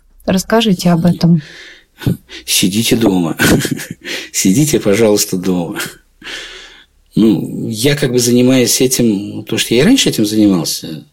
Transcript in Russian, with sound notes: Расскажите об этом.
— Сидите дома. (Смеется.) Сидите, пожалуйста, дома. Ну, я как бы занимаюсь этим, потому что я раньше этим занимался.